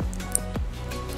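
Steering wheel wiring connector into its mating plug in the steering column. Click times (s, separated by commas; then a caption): 0.4 s. The red plastic wiring connector on a 370Z steering wheel, installed as an upgrade on a Nissan 350Z, is pushed into its mating plug in the steering column while music plays underneath. A very small, sharp click is heard at 0.4 s, and the connector is seated.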